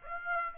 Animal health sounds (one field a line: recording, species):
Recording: mosquito wingbeat signal from an infrared sensor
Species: Aedes aegypti